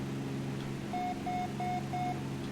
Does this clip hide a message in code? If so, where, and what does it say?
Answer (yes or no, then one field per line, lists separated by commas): no